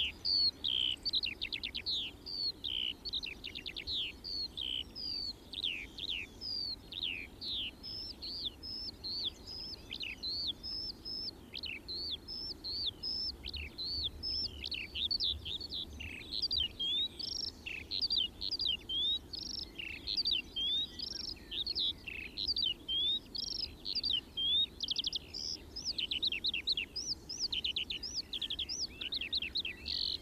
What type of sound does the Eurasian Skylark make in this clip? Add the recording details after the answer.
song. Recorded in the wild. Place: Kaiserslautern, Rheinland-Pfalz, DE. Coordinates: 49.4806, 7.71167. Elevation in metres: 350. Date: 1973-06-12. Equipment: Nagra IV, Sennheiser MKH 405, Parabolreflektor. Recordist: Tretzel, Erwin